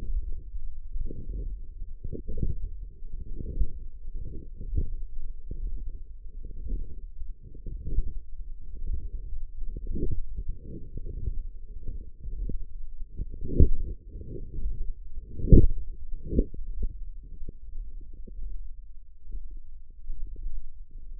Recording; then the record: forearm muscle sounds (acoustic myography)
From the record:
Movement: ulnar deviation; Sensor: system 1, eight BSWA MPA416 microphones around the upper forearm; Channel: 6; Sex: female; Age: 20 years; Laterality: right